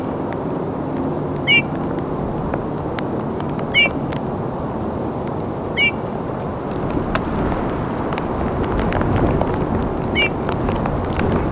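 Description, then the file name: Eurasian bullfinch giving brief piping calls, four notes, the first three about two seconds apart, then a longer gap before the last, against steady low background noise. "Pyrrhula pyrrhula"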